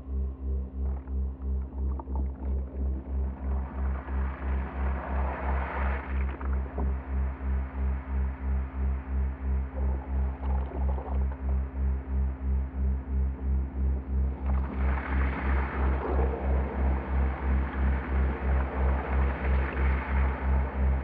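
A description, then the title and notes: A slowed, resonated dishwasher recording forms a deep, pulsing drone, its low tones throbbing in a fast, steady rhythm throughout. A hissing, swirling wash rises over it around five seconds, fades, then returns stronger from about fifteen seconds to the end. Theraphonia - Bosch Majestic Binaural [C65.4Hz δ 3Hz 120m]. This is a two hour binaural at 3 Hz on a carrier of 65.4 Hz (in the key of C). It's based off a field recording of the full duty cycle of a Bosch Dishwasher, slowed down and resonated into a swirling, evolving drone.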